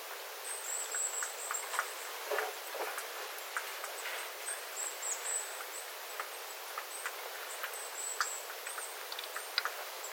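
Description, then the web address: Small birds uttering short, high-pitched contact notes scattered throughout, mixed with irregular patter of dripping water. Small flock of birds calling, recorded 9 September 2025 after rain, with water dripping from the eaves. "paivat 9 9 2025 pikkulintuparven aantelya vesi tippuu raystaalta sateen jalkeen"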